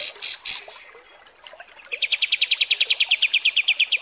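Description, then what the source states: Kapas tembak: bird song: a few loud high buzzy notes, then a quick regular series of sharp chips repeated several times per second. Masteran training recording of kapas tembak, a bird song used for teaching song.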